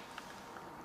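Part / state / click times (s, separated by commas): compact disc onto portable CD player spindle / not seated / none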